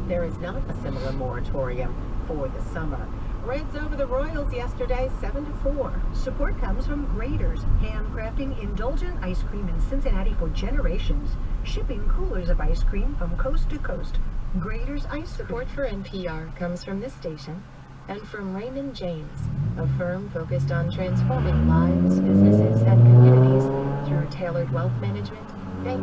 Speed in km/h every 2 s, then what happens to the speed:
27, 31, 32, 27, 24, 21, 16, 8, 0, 0, 0, 0, 0.
0-5 steady at about 31. 5-15 slows to 0. 15-26 standing.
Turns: none.